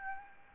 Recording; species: mosquito wingbeat signal from an infrared sensor; Aedes albopictus